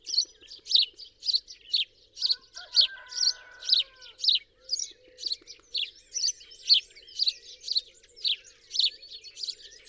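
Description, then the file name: House sparrow giving steady chirps about twice a second for the whole stretch, a brief tonal sound early on and a low hum beneath. "Passer domesticus"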